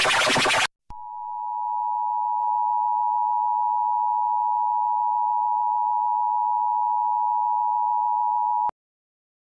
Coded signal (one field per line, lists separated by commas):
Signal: Emergency Alert System (SAME) tones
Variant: 853 and 960 Hz attention tone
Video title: Eas (Severe Thunderstorm Warning)